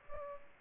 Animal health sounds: mosquito wingbeat signal from an infrared sensor; Aedes aegypti

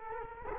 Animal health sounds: mosquito wingbeat signal from an infrared sensor; Culex quinquefasciatus

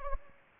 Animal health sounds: mosquito wingbeat signal from an infrared sensor; Anopheles gambiae

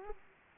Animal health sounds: mosquito wingbeat signal from an infrared sensor; Aedes aegypti

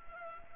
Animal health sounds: mosquito wingbeat signal from an infrared sensor; Culex pipiens

